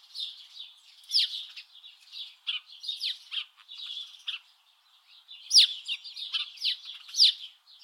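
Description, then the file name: House Sparrow chirps, irregular bursts of harsh twittering notes, a short quiet gap midway, then louder chirping resumes. "Passer domesticus"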